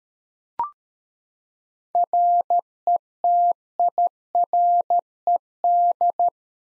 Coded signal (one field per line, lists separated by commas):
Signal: Morse code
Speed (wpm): 13 wpm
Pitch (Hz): 700 Hz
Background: none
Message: RETIRED